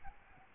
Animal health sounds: mosquito wingbeat signal from an infrared sensor; Aedes albopictus

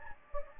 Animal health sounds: mosquito wingbeat signal from an infrared sensor; Anopheles gambiae

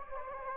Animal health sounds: mosquito wingbeat signal from an infrared sensor; Anopheles gambiae

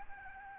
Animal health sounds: mosquito wingbeat signal from an infrared sensor; Aedes albopictus

